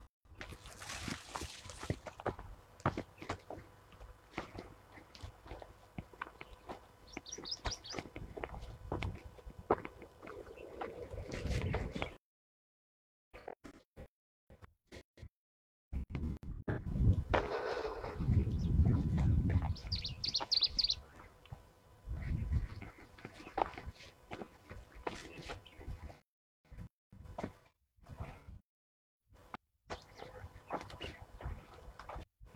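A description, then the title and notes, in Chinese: Birdsong and natural sounds on the north bank of the Sha River, with short high chirps around 7–8 and 20 seconds among scattered clicks and rustles. Two dead-silent gaps break the recording, and a low rumbling swell builds near 17–20 seconds. 沙河北岸鸟鸣记录。在沙河观鸟三小时，记录下多种鸟类的叫声和自然的声音，当然还有人声。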